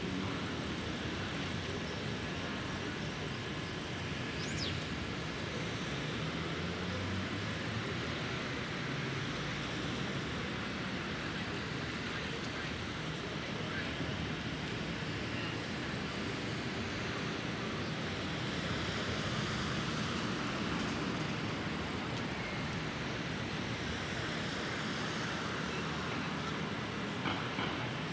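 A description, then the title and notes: A Brooklyn street in the morning, filled with a steady, dense roar of passing traffic, low rumble throughout, faint voices mixed into the background. Brooklyn Morning, Street.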